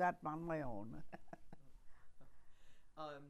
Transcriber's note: chuckles